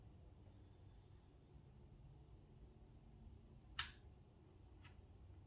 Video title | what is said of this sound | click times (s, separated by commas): Benchmade Bugout Glow Rhino tritium axis lock upgrade. Knife teardown and reassembly. | Oh, there it goes. It just clicked in place somehow. | 3.8 s